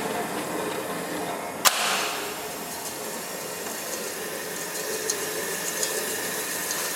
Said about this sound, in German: Jetzt mischen wir erst den Zement mit dem Wasser. Also die ist leiser als meine Küchenmaschine, definitiv. Sie ist auch etwas robuster als Ihre Küchenmaschine. Und gleich kommt noch der Sand rein.